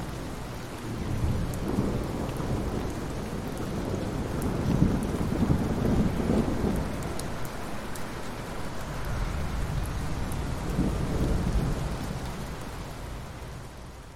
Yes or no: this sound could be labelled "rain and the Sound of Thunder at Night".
yes